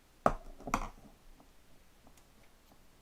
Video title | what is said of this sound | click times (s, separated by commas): Quarantine Tech Projects! | snap into place okay | 0.3 s, 0.7 s